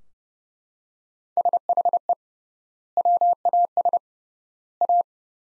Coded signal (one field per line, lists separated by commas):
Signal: Morse code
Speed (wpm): 30 wpm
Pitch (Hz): 700 Hz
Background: none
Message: SHE WAS A